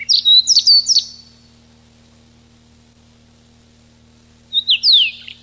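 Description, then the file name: Siberian rubythroat song: a quick burst of warbled, whistled notes with sharp downslurs for about a second, silence, then a second short phrase near the end. Recorded 6 July 1991. "Ccalliopa 6 07 91"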